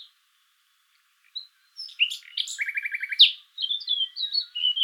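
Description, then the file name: Common nightingale song: scattered high whistles and chips, then a fast repeated buzzy trill, a loud sharp note and varied warbled phrases. "Luscinia megarhynchos"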